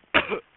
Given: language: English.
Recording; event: throat vibration sensor signal played as sound; cough